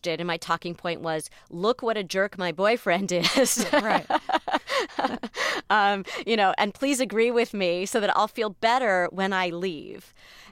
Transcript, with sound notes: And my talking point was - look what a jerk my boyfriend is (laughter).
Right.
You know, and please agree with me so that I'll feel better when I leave.